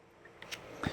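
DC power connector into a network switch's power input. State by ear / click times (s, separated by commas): not seated / none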